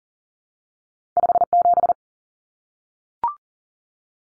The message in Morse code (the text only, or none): 57